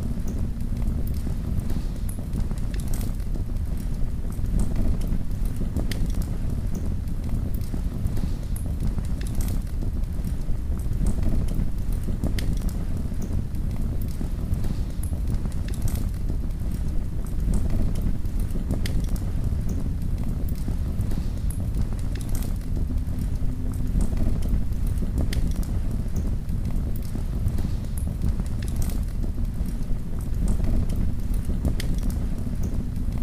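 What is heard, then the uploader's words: Torches flicker and crackle in a cave, with frequent sharp pops over a steady low, rumbling rush of moving air that never lets up. Cave by Torch Light. The only sounds they can hear are the flickering of their torches and the breath of the cave as they wander ever deeper into the ground.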